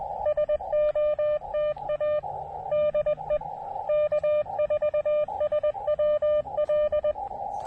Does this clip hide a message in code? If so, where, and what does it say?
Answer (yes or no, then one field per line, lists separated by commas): yes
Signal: Morse code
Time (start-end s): 0.3-7.1 s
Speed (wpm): 20 wpm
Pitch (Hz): 590 Hz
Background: none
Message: SOTA DE K4SWL